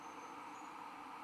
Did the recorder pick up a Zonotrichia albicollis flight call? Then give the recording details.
no. No flight call is heard. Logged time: 01:02 on 16 December 2014